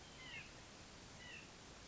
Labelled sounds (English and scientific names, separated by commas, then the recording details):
White-breasted Nuthatch (Sitta carolinensis)
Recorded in Sonoma County, California